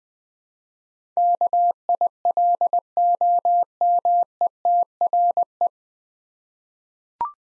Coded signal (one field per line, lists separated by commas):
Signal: Morse code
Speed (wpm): 21 wpm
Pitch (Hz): 700 Hz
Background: none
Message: KILOMETRE